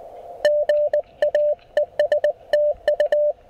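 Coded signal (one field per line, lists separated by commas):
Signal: Morse code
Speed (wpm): 20 wpm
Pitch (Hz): 600 Hz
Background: radio noise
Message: GA ES TU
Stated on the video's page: QRP Morse from a park activation with an Elecraft KX1 and end-fed half-wave antenna, on 20, 30 and 40 meters.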